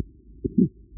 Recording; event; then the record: neck accelerometer signal played as sound; voluntary cough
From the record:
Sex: male